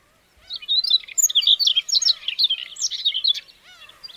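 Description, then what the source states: Siberian rubythroat song, a rich, rapid warbling of varied whistles and chattering notes for about three seconds, with a faint lower bird call in the background. Teuri Island, Hokkaido, Japan.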